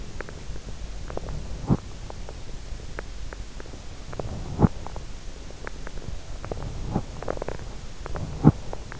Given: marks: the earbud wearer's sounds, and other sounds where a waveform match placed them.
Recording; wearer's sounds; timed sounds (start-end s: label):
sounds in sleep by an in-ear microphone; teeth grinding
0.03-1.93 s: teeth grinding
2.91-3.10 s: teeth grinding
4.19-5.02 s: teeth grinding
5.44-6.13 s: teeth grinding
6.32-7.67 s: teeth grinding
8.01-9.00 s: teeth grinding